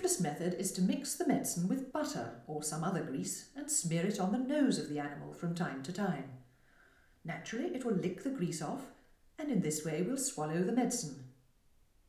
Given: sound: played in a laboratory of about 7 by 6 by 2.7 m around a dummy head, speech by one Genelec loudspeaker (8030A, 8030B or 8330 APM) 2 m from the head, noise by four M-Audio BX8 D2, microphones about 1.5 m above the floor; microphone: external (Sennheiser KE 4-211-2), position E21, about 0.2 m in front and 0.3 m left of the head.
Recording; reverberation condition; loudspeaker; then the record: female speech in English; medium; 30 degrees to the left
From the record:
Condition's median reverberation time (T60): about 510 ms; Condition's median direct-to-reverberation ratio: about -0.5 dB